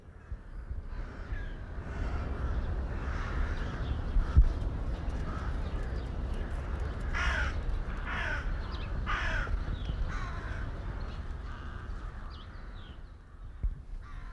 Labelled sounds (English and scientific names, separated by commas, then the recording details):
Sika Deer (Cervus nippon)
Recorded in captivity
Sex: male
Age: adult
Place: Zoo Berlin, Berlin, DE
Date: 1995-02-04 14:32
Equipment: Marantz CP 430, Sennheiser ME 80, Kopie Uher Variocord 263
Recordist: Tembrock, Günter
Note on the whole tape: Japan-Sika (C. n. nippon): Männchen weibliches Tier treibend, dunkle Lautfolge; zweimal kopiert mit unterschiedlicher Aussteuerung